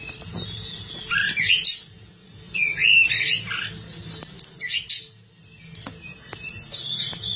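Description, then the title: Oriental magpie-robin song in a few short bursts of rising whistles and rasping notes, quieter stretches and faint clicks between, low background hum. "Suara Kicauan Burung Kacer"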